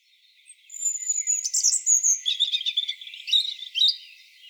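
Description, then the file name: European robin song: a thin, high held whistle, then a tumbling run of fast, varied twittering notes lasting about three seconds. "Erithacus rubecula"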